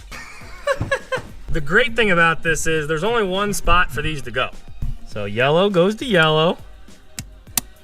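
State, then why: Seated. Someone talks while a yellow seat wiring plug is pushed into its matching yellow plastic connector under the car seat while fitting STi seats in a 2015 Subaru WRX. A small sharp click at 7.6 seconds marks the plug seating into the floor wiring connector.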